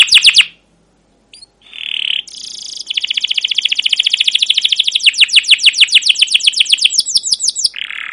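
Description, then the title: Canary song: a loud downslurred note, a pause, a buzzy burst, then a long rapid trill of sweeping notes that ends in a buzzy note. Singing canary used as a lure (pancingan) to train other canaries; long rolling song (ngerol) with cuit cuit notes. "CUIT CUIT NGEROL LANGSUNG GACOR PANJANG Kenari Ini AMPUH Utk Pancingan KENAR"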